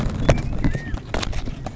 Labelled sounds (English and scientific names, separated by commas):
California Quail (Callipepla californica)